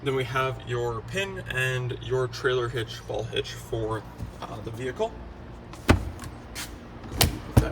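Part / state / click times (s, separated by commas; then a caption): cargo floor storage lid into the rear cargo floor of an SUV / seated / 7.2 s. Someone talks for about five seconds, then the cargo floor storage lid of a 2017 Honda Pilot Touring is lowered over the under-floor storage compartment in the rear cargo area. A few light knocks follow, then the lid latches shut with a sharp click at 7.2 s, locking into place.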